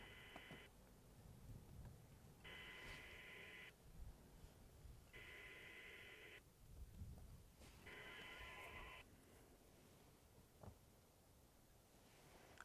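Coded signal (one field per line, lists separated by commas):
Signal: HF data modem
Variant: VARA HF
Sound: four bursts of dense buzzy data hiss alternating with static pauses, ARQ style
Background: radio static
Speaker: now let's see if we can pass this traffic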